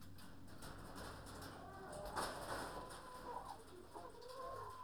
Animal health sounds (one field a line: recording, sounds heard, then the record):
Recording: poultry house recording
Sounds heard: healthy chickens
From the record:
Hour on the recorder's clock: 21